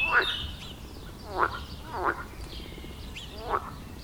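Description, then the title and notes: Frog croaks, four short rasping calls at irregular intervals over soft background hiss. Frog chorus at the village pond in Wohlsborn, Germany; recorded with a TASCAM DR-40X. "Wohlsborn, Deutschland - Froschkonzert. Frog concert. Froschkonzert am Dorfteich in Wohlsborn"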